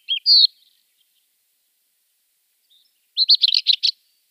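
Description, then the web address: Rufous-tailed scrub robin song, a brief clear phrase, then a long silence and a rapid fluttering run of bright, repeated notes. "Schulze Peter Rufous-tailed Scrub-Robin song"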